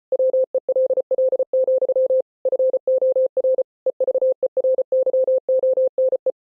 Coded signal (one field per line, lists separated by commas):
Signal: Morse code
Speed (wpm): 33 wpm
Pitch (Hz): 520 Hz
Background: none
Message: WELL, FOR EVERYONE